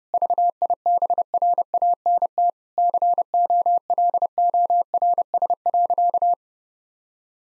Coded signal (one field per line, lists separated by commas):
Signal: Morse code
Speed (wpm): 30 wpm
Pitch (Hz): 700 Hz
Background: none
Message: VIBRANT COLORS.